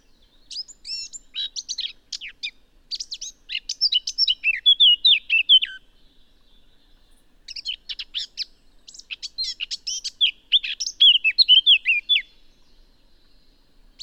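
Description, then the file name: Eurasian blackcap giving two bursts of fast, scratchy, chattering warble, each several seconds long, with a short pause between them. "Sylvia atricapilla"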